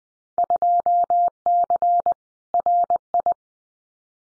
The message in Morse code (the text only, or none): 2C RI